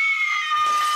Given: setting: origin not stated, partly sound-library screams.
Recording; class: one-second piece from a danger detection set; woman in danger